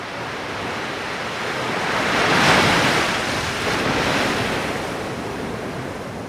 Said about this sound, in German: Und nun schlägt die Welle über ihnen zusammen.